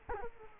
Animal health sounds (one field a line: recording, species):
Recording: mosquito wingbeat signal from an infrared sensor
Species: Culex quinquefasciatus